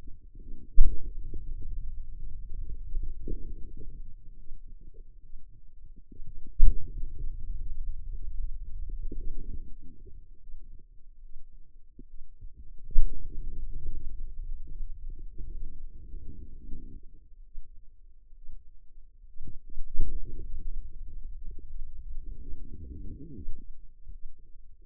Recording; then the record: forearm muscle sounds (acoustic myography)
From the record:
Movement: pen grasping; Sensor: system 2, bracelet of six BSWA MPA416 microphones around the upper forearm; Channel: 5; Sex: female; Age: 25 years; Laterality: right